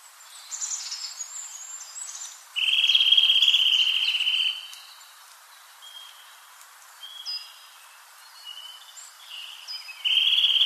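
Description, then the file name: Eurasian nuthatch giving a fast, even trill lasting about two seconds, repeated near the end, with scattered high notes between. "Sitta europaea"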